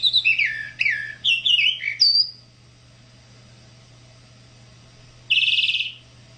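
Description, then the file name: Tropical mockingbird song with a fast jumble of chirped and whistled notes, a silence, then one harsh buzzy note; faint low hum throughout. "sabia da praia"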